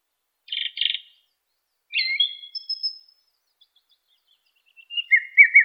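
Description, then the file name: Song thrush song: a harsh double buzz, then whistled sliding notes and a thin high whistle, closing with a chattering trilled phrase. "suara-kicauan-burung-song-thrush -omkicau"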